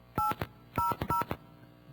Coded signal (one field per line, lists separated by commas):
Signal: DTMF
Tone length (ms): 130 ms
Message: 800